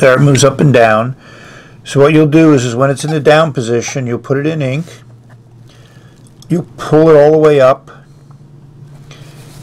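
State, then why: Seated. Someone talks while working the filler rod of a PENBBS 308 / 355-53 Amber fountain pen, pulling the rod all the way up so it seats in the pen's resin body. The rod snaps into place with a click at 9.1 s, readying it to be turned clockwise to disengage the piston.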